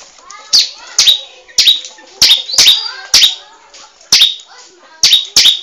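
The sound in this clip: Bar-winged prinia song: loud, sharp, high chipping notes with a quick downward sweep, delivered in an uneven series of many notes against a quiet background.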